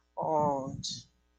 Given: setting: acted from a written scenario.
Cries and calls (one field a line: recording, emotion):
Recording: vocal sound without words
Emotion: romantic love